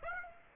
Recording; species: mosquito wingbeat signal from an infrared sensor; Aedes aegypti